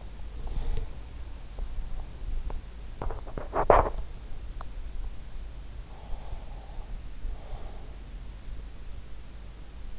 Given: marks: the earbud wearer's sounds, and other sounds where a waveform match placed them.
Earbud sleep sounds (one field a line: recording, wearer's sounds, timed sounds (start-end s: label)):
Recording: sounds in sleep by an in-ear microphone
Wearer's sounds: breath, teeth grinding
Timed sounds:
0.00-2.63 s: breath
2.63-5.04 s: teeth grinding
5.84-8.56 s: breath